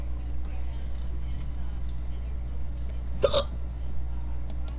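Three abrupt, sharp vocal hiccup sounds at irregular intervals, the second with a brief falling tone, over a steady low hum of background noise. These are induced hiccups in an adult, sudden involuntary catches of breath cut off by the closing throat.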